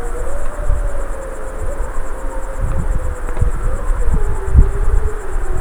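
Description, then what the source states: Gray wolf howl, one long steady mid-pitched tone drawn out throughout and sinking slightly at the end, over constant cricket chirring and low rumble. Adult wolves recorded in the Tinée valley, France, in 2004.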